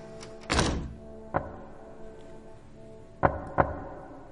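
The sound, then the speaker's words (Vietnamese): A dull thump, then three light, hollow knocks on a door: one alone, then a quick pair after a pause. The taps are soft and sharp, with no voices. “Tôi dồn hết can đảm gõ nhẹ vào cánh cửa 3 tiếng.”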